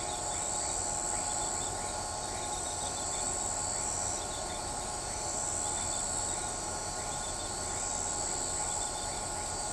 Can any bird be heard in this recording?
no